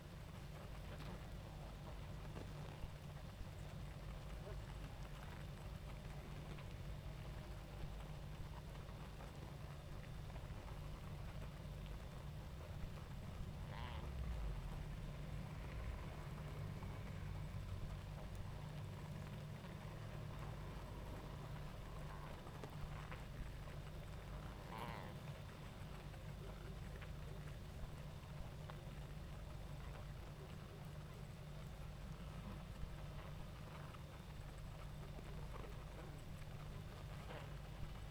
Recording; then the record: honeybee colony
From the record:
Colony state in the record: active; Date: 28 July 2017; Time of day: 20:32